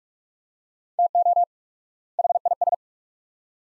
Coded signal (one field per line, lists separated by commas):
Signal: Morse code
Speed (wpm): 46 wpm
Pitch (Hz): 700 Hz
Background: none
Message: TO HIS